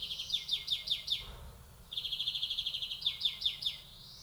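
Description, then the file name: European greenfinch song of chirpy, downslurred notes in quick runs, broken by a short pause and then a fast rattling trill. "Chloris chloris"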